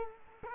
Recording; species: mosquito wingbeat signal from an infrared sensor; Culex quinquefasciatus